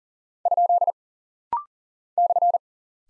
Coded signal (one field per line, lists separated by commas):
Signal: Morse code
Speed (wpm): 40 wpm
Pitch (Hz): 700 Hz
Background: none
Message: ? /